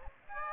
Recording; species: mosquito wingbeat signal from an infrared sensor; Aedes aegypti